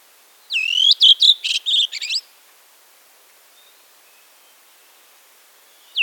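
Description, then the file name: Redwing singing one phrase of a whistled note and a rapid string of notes, then quiet, with the next phrase just beginning at the end. "drozd belobrovik"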